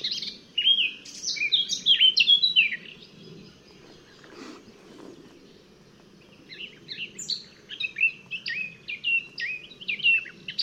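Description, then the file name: Eurasian blackcap song in two bursts of clear, fluting whistles and quick chirps, separated by a quiet stretch of about four seconds. "Sylvia atricapilla"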